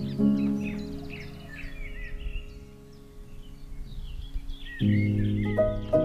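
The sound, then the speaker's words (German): Several birds call and chirp in quick, high-pitched bursts throughout, over a steady low hum of sustained tones that swells louder near the end, heard from a modern boat moving quietly over the Elbe river through a water landscape. “Wir fahren mit einem modernen Boot, der Smüster Elf, leise über die Elbe, beobachten Vögel und bewegen uns in einer idyllischen Wasserlandschaft.”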